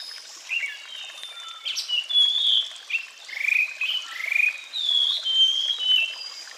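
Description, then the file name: Sulingan bird singing clear whistled phrases, some sliding downward and others rising, spaced irregularly over a soft background hiss. With flowing water. "terapi air mengalir burung sulingan"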